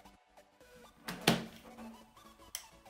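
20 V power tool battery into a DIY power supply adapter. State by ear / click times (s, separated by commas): seated / 1.3 s, 2.5 s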